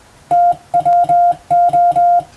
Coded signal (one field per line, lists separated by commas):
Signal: Morse code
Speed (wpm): 20 wpm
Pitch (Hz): 700 Hz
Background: music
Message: TWO